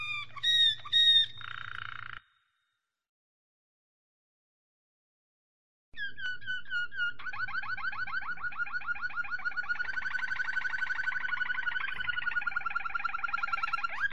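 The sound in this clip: Domestic canary: a few quick high notes, about four seconds of silence, then a long, dense rolling trill that keeps going.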